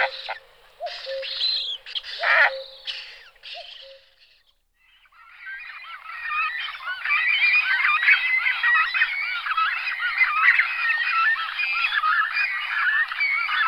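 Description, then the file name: Glossy ibis calls: a few loud separate honks at first, then a short pause, then a steady chorus of many overlapping nasal calls. "ibis falcinelle"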